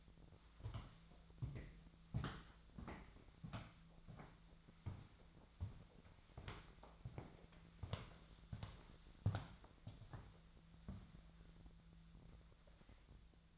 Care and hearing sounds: daily activity, microphone in the room; walk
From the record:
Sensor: 3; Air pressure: 1008.3 hPa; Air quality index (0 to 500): 192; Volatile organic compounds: 14 ppm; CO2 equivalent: 2464 ppm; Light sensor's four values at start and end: 17/40/17/18 and 17/41/17/18

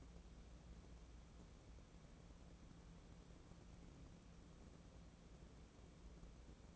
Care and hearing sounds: daily activity, microphone in the room; wipe stove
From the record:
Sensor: 1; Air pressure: 1012.4 hPa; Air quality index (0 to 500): 146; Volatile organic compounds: 2 ppm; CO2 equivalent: 1200 ppm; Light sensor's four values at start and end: 3265/6389/3213/3352 and 3128/6129/3081/3220

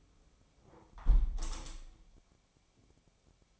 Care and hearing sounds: daily activity, microphone in the room; close window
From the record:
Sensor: 1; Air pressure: 1015.0 hPa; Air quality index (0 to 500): 28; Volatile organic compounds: 1 ppm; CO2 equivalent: 520 ppm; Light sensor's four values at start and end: 11/25/10/11 and 10/25/10/11

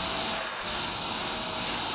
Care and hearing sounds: daily activity, microphone in the room; vacuum cleaning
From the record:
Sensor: 2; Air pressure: 994.3 hPa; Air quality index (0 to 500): 213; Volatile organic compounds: 1000 ppm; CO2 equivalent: 7027 ppm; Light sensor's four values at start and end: 49/113/48/48 and 49/113/48/48

